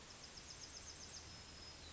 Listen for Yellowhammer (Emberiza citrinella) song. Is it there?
yes